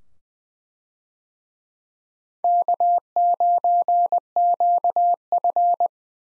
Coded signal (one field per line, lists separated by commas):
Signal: Morse code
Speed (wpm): 21 wpm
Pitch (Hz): 700 Hz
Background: none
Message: K9QF